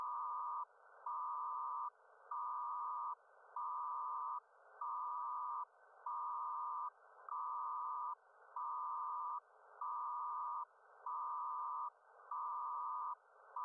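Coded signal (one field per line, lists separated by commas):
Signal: HF data modem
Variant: PACTOR-II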